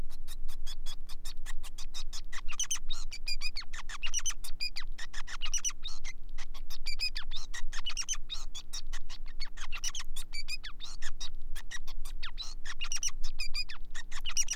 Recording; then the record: song of a male Bengalese finch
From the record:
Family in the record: son of father 5